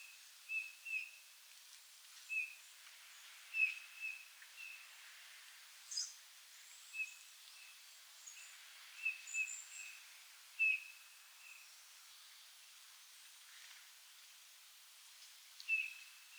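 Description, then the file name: Eurasian bullfinch giving soft, short, plaintive piping whistles, repeated irregularly, mostly one to two seconds apart with a longer pause near the end, with faint bird twitters behind. "Pyrrhula pyrrhula"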